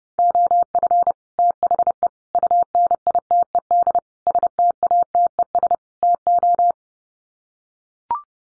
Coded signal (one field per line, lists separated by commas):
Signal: Morse code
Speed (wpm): 30 wpm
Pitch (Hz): 700 Hz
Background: none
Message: OF THE UNITED STATES TO